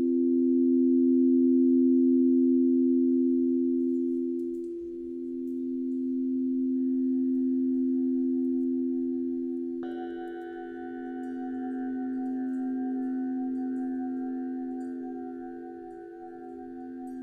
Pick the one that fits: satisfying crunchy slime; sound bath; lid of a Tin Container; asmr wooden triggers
sound bath